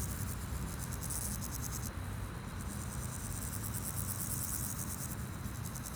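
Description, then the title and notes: Grasshopper song of quick, ticking high buzzes in several bursts, over a steady low rumble of traffic. Grasshoppers on a sunny day at Chaussée de Tervueren, Pins Noirs, Auderghem, Brussels, Belgium, with passing cars; recorded with DPA 4060 microphones in AB position into a Zoom F3. "Chaussée de Tervueren, Pins Noirs, Auderghem, Bruxelles-Capitale, 1160, Belgique - Sauterelles - Grasshoppers. Sunny day, grasshoppers, bikes, cars, tram 44. Journée ensoleillée, sauterelles, vélos, voitures, tram 44"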